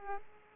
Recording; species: mosquito wingbeat signal from an infrared sensor; Aedes aegypti